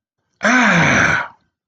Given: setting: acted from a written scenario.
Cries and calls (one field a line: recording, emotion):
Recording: vocal sound without words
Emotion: pain